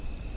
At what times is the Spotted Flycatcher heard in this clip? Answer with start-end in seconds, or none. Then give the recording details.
0.12-0.23. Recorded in France